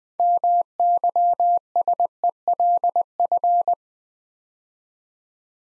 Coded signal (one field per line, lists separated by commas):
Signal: Morse code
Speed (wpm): 20 wpm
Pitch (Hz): 700 Hz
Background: none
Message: MYSELF